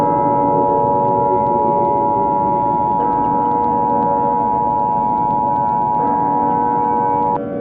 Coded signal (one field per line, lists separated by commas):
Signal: Emergency Alert System (SAME) tones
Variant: 853 and 960 Hz attention tone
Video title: EAS Scenario 5: Winter wrath